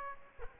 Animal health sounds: mosquito wingbeat signal from an infrared sensor; Aedes aegypti

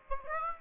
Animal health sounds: mosquito wingbeat signal from an infrared sensor; Aedes aegypti

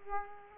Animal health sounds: mosquito wingbeat signal from an infrared sensor; Aedes aegypti

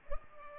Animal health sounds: mosquito wingbeat signal from an infrared sensor; Culex pipiens

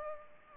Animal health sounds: mosquito wingbeat signal from an infrared sensor; Culex pipiens

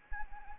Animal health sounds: mosquito wingbeat signal from an infrared sensor; Anopheles arabiensis

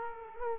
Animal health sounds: mosquito wingbeat signal from an infrared sensor; Culex quinquefasciatus

